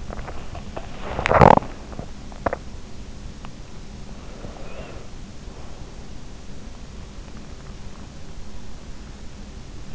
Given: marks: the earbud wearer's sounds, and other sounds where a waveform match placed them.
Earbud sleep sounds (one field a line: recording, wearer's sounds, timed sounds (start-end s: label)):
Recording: sounds in sleep by an in-ear microphone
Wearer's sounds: body movement, teeth grinding, breath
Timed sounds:
0.00-2.68 s: body movement
1.04-1.99 s: teeth grinding
4.37-5.08 s: breath